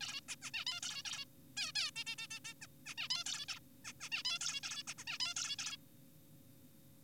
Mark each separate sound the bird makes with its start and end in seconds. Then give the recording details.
0.01-0.21, 0.29-0.35, 0.42-0.51, 0.54-0.65, 0.67-0.80, 0.83-1.03, 1.05-1.25, 1.57-1.72, 1.75-1.91, 1.96-2.04, 2.07-2.15, 2.18-2.27, 2.31-2.40, 2.45-2.54, 2.62-2.67, 2.86-2.95, 2.98-3.08, 3.10-3.24, 3.26-3.46, 3.49-3.60, 3.85-3.93, 4.01-4.09, 4.12-4.23, 4.25-4.39, 4.41-4.60, 4.63-4.83, 4.88-4.94, 4.98-5.05, 5.08-5.18, 5.20-5.34, 5.36-5.56, 5.59-5.77. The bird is an adult. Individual g4p5U